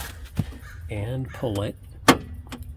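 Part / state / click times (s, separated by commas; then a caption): car door latch released by the inner door handle / released / 2.1 s. A newly installed door latch on a Porsche 996/Boxster is released by pulling the inner door handle, with the replacement done to fix alarm beeping. Someone talks, then a sharp click at 2.1 s marks the latch releasing, followed by a few faint ticks. The latch unlatches and is confirmed working.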